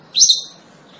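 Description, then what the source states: Long-tailed shrike giving one sharp, harsh, high note that lasts a fraction of a second, followed by near silence. Cendet singing lively, described by the Indonesian term gacor.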